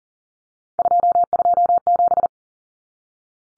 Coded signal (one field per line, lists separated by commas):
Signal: Morse code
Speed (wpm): 40 wpm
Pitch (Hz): 700 Hz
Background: none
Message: 227